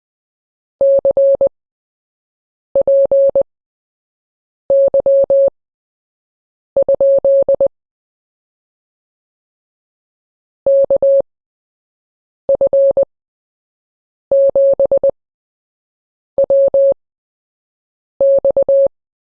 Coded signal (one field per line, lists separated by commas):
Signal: Morse code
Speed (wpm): 20 wpm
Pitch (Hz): 550 Hz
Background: none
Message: CPY? KF7WX